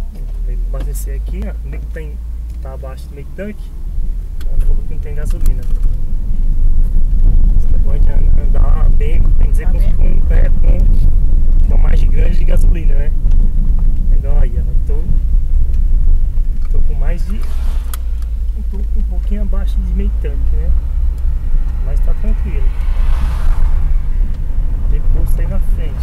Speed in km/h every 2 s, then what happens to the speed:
10, 13, 20, 24, 27, 26, 24, 25, 21, 21, 23, 26, 30.
0-8 speeds up to 27. 8-18 slows to 21. 18-26 speeds up to 30.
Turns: none.